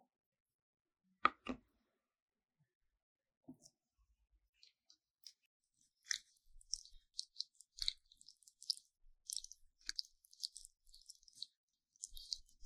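Quiet rubbing and squelching of sticky gel during an ear massage. After near silence, two sharp taps land just past one second. From about six seconds on, a dense run of soft, wet, bright clicks and squishes continues with small pauses.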